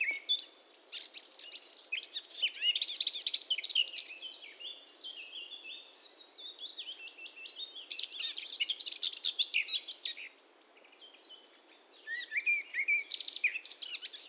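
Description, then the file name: Eurasian blackcap delivering long, busy warbling song of mixed chirps and whistles, pausing briefly near the ten-second mark before resuming. "Sylvia atricapilla"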